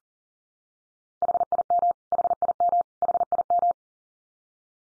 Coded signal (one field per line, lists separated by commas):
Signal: Morse code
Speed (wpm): 37 wpm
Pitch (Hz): 700 Hz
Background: none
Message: HIM HIM HIM